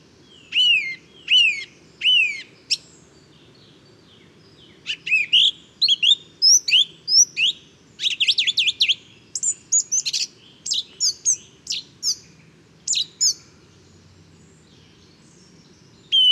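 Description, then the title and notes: Song thrush singing: a phrase of three repeated whistled notes, then faster chattering runs of varied notes, followed by a few sparse repeats. Inventive, varied, virtuoso male singing just after daybreak, 12 February 2019, Bois de Château Serein; Nagra Seven recorder with Telinga Pro7. "Bois de chateau serein. j&#39;enregistre une magnifique Grive musicienne"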